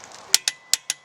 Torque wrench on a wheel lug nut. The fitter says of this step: time you start turning it down you're gonna hear a clicking noise that clicking noise telling you that you have reached 8 9 foot pounds